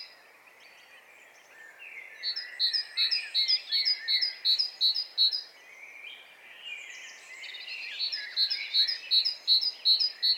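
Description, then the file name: Great tit singing two bouts of rapid, repeated two-note phrases, about three a second, amid steady chirping and twittering from other birds. "Parus major"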